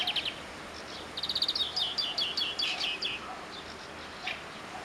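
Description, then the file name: European greenfinch giving rapid trilled twitters, short bursts of fast repeated high notes in a loose series, with a faint later note and steady background hiss. "Chloris chloris"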